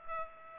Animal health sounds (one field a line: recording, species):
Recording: mosquito wingbeat signal from an infrared sensor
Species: Culex pipiens